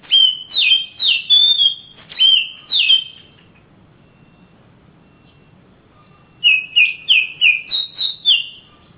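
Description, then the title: Oriental magpie-robin delivering a fast series of clear falling whistles, pausing several seconds, then resuming with another quick run. Kacer, described as a champion master singer from Kalimantan and Sumatra, singing energetically (gacor). "Kicau Kacer Juara Master Kalimantan Sumatra Gacor"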